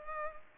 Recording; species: mosquito wingbeat signal from an infrared sensor; Culex pipiens